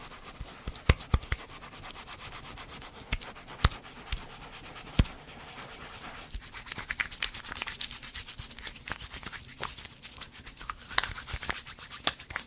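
Hair brushing with layered tapping: a dense, steady run of bright bristly scratches fills the clip, joined by sharp tapping clicks that land irregularly, loudest around the first and fifth seconds. Later, the brushing grows hissier and more rapid.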